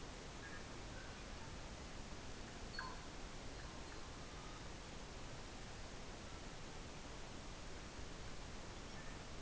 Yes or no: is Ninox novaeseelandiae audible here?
no